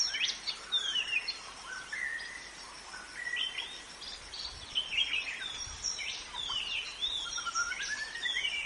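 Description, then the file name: White-rumped shama song: rich, varied whistled phrases with rising and falling slurs, delivered in quick succession. Forest shama; recorded in forest. "suara muraibatu hutan omkicau"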